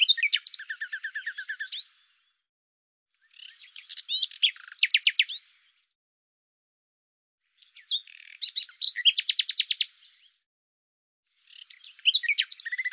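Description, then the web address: Common nightingale song in four phrases separated by pauses, each a mix of rapid repeated clicks, trills and sharp high notes, one with a series of loud repeated notes. "cianscape birddata Deverinetal 2025 Bird Lu Me"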